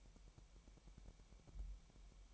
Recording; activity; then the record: daily activity, microphone in the room; take from stove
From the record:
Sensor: 1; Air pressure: 1002.0 hPa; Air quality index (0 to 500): 246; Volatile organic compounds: 50 ppm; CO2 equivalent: 3299 ppm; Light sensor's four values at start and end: 5/12/5/6 and 5/12/5/6